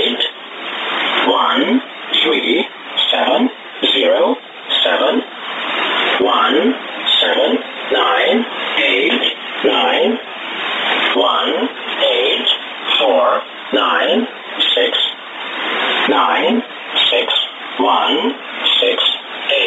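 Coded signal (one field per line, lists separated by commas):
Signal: numbers station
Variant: E07a English Man, English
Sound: male voice reading short words at a steady, even pace over a radio channel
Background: radio static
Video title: 21 02 2019 E07a English Man numbers station in English to Eu 0554 on 5811 unknown tx site USB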